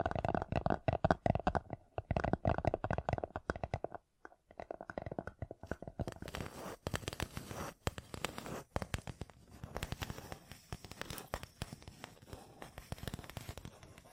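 Fingertips covered in gems tap and scratch in quick, dense bursts. The first four seconds are louder and fuller, with a short pause near four seconds. After that the sound turns into a lighter, brighter, steady run of clicks and scrapes that continues to the end.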